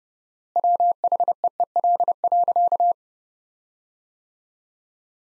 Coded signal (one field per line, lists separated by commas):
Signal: Morse code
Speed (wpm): 30 wpm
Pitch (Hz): 700 Hz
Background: none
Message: WHEEL.